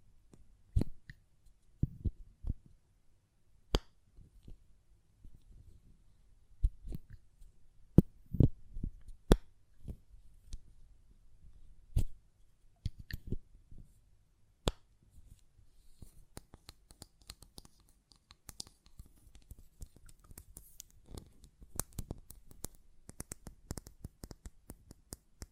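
A glass perfume bottle is tapped and its lid handled, giving sharp, bright clicks and knocks with quiet gaps between them. For the first fifteen seconds the taps come singly and irregularly, a few quite loud. After that they turn faster and denser, becoming a busy run of lighter clicking.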